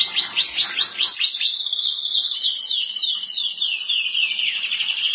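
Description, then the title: Canary song: rapid repeated downslurred notes in a quick series, then a steady high rolling trill that wavers slightly in pitch, continuous throughout. "Kenari"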